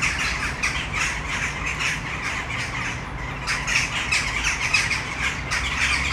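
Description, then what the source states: Western jackdaw calls, a lively jumble of squeaky, clipped notes over a low rumble. Flock in a tree, city centre of Brno, Czech Republic, Malinovského square, at sunset.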